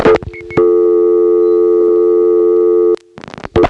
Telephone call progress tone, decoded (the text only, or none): dial tone